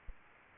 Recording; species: mosquito wingbeat signal from an infrared sensor; Aedes aegypti